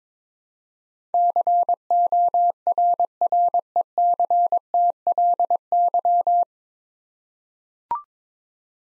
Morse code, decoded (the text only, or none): CORRECTLY